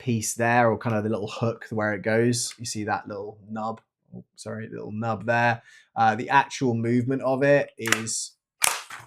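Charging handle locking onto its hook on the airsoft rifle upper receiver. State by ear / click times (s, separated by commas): seated / 8.6 s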